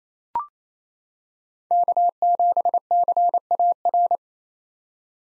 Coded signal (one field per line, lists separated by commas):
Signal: Morse code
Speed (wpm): 28 wpm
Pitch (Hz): 700 Hz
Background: none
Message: K7CAR